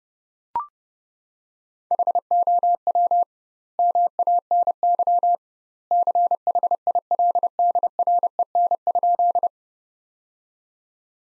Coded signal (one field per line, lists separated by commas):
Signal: Morse code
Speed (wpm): 30 wpm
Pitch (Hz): 700 Hz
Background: none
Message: HOW MANY CHILDREN?